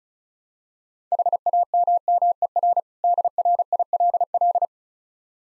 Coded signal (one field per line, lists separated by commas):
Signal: Morse code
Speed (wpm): 36 wpm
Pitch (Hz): 700 Hz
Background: none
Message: HAMMER DRILL